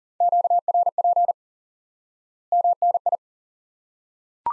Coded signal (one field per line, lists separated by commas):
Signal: Morse code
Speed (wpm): 40 wpm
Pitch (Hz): 700 Hz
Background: none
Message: QRP MNI